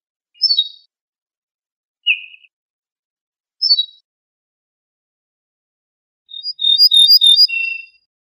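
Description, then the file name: Ortolan bunting with scattered high descending notes and a single lower tone, then a full phrase of ringing repeated notes closing on a lower held note. "suara kicauan ortolan"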